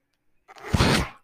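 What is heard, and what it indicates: A single soft rising and fading whoosh of air, the breath cycle of a person's own mechanical ventilator.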